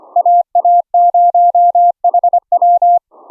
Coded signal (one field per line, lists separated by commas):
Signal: Morse code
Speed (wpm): 25 wpm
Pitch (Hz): 700 Hz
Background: none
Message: AA0HW